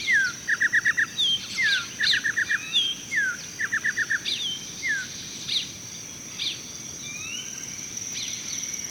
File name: Icterus mesomelas - Yellow-tailed Oriole